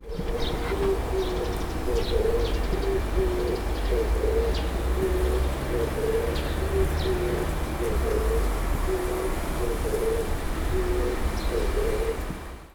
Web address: bird song kizibato